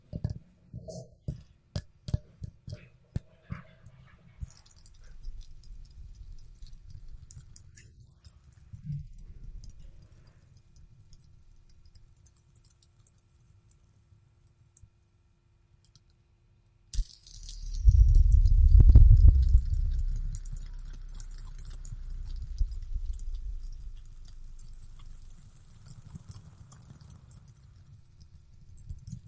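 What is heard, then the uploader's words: A fidget spinner is tapped in a quick run of sharp clicks during the first few seconds, followed by scattered softer taps and a low rumble. Near eighteen seconds it starts spinning with a loud low whir and a faint high whine that slowly fades out. ASMR Fidget Spinner Sounds Tapping and Spinning.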